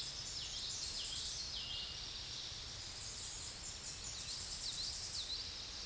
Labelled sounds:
Common Yellowthroat (Geothlypis trichas) song
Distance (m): 30 m
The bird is about 10 m above the microphone
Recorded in a Pennsylvania forest on 16 May 2024 at 07:42
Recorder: AudioMoth, point MSD-1035
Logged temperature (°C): 16.3 °C
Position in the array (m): 202 m, 101 m

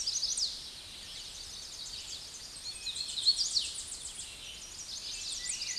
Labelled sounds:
Hooded Warbler (Setophaga citrina) song
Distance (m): 40 m
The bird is about 20 m above the microphone
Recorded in a Pennsylvania forest on 16 May 2024 at 07:11
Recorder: AudioMoth, point MSD-2417
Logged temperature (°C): 16.4 °C
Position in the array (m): 105 m, 109 m

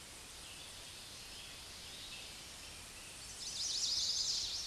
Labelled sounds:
Chestnut-sided Warbler (Setophaga pensylvanica) song
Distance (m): 35 m
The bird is about 5 m above the microphone
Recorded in a Pennsylvania forest on 16 May 2024 at 08:54
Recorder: AudioMoth, point MSD-2208
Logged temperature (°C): 15.2 °C
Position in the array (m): 136 m, 123 m

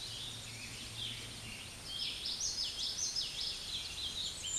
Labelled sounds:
Common Yellowthroat (Geothlypis trichas) song
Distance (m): 30 m
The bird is about 15 m above the microphone
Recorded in a Pennsylvania forest on 16 May 2024 at 08:19
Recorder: AudioMoth, point MSD-2453
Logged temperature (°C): 16.3 °C
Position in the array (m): 234 m, 173 m

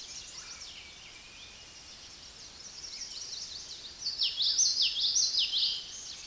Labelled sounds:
Common Yellowthroat (Geothlypis trichas) song
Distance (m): 10 m
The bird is about 10 m above the microphone
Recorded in a Pennsylvania forest on 16 May 2024 at 09:08
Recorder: AudioMoth, point MSD-2061
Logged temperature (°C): 16.1 °C
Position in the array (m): 227 m, 187 m

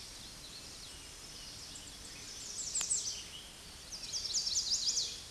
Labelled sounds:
American Redstart (Setophaga ruticilla) song
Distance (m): 25 m
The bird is about 20 m above the microphone
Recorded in a Pennsylvania forest on 16 May 2024 at 07:42
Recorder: AudioMoth, point MSD-1360
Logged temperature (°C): 14.8 °C
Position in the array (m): 153 m, 202 m

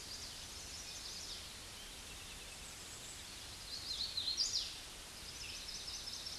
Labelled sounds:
Hooded Warbler (Setophaga citrina) song
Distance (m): 45 m
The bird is about 10 m above the microphone
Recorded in a Pennsylvania forest on 16 May 2024 at 08:09
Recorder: AudioMoth, point MSD-0690
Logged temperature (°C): 16.0 °C
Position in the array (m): 174 m, 71 m

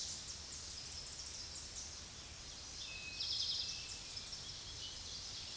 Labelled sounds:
Eastern Towhee (Pipilo erythrophthalmus) song
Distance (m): 35 m
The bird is about 5 m above the microphone
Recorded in a Pennsylvania forest on 16 May 2024 at 06:08
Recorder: AudioMoth, point MSD-2083
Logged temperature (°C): 16.7 °C
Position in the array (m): 107 m, 9 m

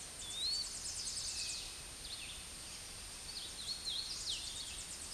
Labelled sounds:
Hooded Warbler (Setophaga citrina) song
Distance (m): 35 m
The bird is about 20 m above the microphone
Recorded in a Pennsylvania forest on 16 May 2024 at 08:22
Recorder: AudioMoth, point MSD-0398
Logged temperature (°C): 16.4 °C
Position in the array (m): 169 m, 106 m

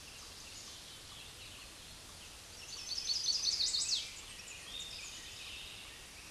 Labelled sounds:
Chestnut-sided Warbler (Setophaga pensylvanica) song
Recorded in a Pennsylvania forest on 16 May 2024 at 08:38
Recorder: AudioMoth, point MSD-0178
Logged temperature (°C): 15.3 °C
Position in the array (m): 87 m, 61 m

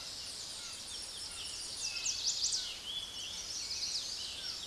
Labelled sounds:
Chestnut-sided Warbler (Setophaga pensylvanica) song
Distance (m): 35 m
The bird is about 5 m below the microphone
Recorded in a Pennsylvania forest on 16 May 2024 at 06:16
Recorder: AudioMoth, point MSD-1534
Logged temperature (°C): 15.6 °C
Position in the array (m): 9 m, 14 m

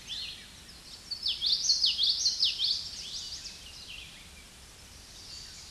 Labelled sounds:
Common Yellowthroat (Geothlypis trichas) song
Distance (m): 5 m
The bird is about 5 m above the microphone
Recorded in a Pennsylvania forest on 16 May 2024 at 07:59
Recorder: AudioMoth, point MSD-2061
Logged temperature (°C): 16.1 °C
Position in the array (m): 226 m, 181 m

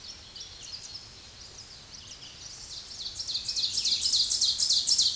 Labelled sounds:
Ovenbird (Seiurus aurocapilla) song
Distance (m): 5 m
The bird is about level with the microphone
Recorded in a Pennsylvania forest on 16 May 2024 at 07:51
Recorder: AudioMoth, point MSD-0475
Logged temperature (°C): 12.3 °C
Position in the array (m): 149 m, 2 m

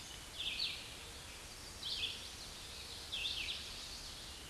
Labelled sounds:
Red-eyed Vireo (Vireo olivaceus) song
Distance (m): 10 m
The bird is about 5 m above the microphone
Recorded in a Pennsylvania forest on 16 May 2024 at 07:42
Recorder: AudioMoth, point MSD-2287
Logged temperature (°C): 11.2 °C
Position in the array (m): 150 m, 28 m

